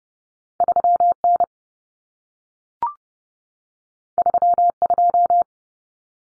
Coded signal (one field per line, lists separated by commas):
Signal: Morse code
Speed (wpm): 30 wpm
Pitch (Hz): 700 Hz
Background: none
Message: 3N 32